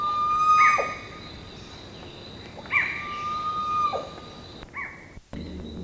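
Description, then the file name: Bird giving two long steady flat whistles, each joined to a sharp note, then a brief higher note before the sound cuts out. "SABIOD 50 bird 2015"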